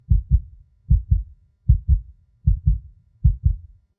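An adult human heartbeat at about 77 beats per minute, each beat a low, muffled paired lub-dub thump.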